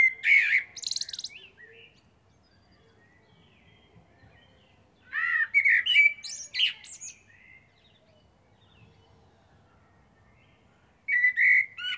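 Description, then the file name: Eurasian blackbird song: phrases of low fluted warbling with high squeaky twitters, separated by several seconds of quiet. "Turdus merula"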